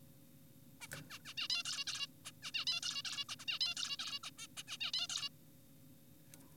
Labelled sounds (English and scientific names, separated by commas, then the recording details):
Zebra Finch (Taeniopygia guttata)
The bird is an adult
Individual g4p5U